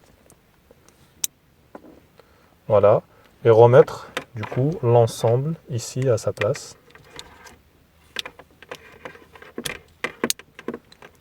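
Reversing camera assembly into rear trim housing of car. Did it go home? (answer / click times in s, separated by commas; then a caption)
yes / 10.0 s, 10.3 s. A reversing camera assembly on the rear of a Golf 6 is pushed back into its rear trim housing until its plastic clips engage. Someone talks first, then a series of sharp plastic clicks and handling taps follows. The assembly clips into place with clicks at 10.0 s and 10.3 s.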